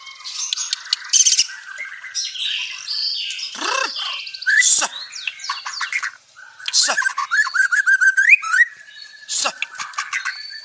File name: Suara tembakan speed rapat Murai batu banjar